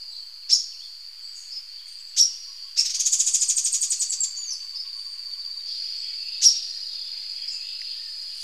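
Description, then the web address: Pacific tuftedcheek giving sharp high calls, a rapid rattling trill near three seconds, then another sharp note, over a steady high insect-like hum. Ecuador. "Birds of Ecuador. Pacific Tuftedcheek"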